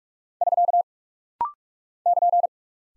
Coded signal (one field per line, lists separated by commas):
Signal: Morse code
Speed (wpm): 44 wpm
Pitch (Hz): 700 Hz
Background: none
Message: <SK> <KN>